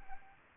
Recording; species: mosquito wingbeat signal from an infrared sensor; Anopheles gambiae